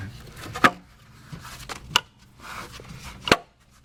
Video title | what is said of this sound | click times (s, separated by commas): Spark Plug Service on Range Rover Sport Supercharged 2006-2009 | You can hear them pop when you push them in And just give to a little wiggle just to make sure that's in nice and tight Which it is | 2.0 s, 3.3 s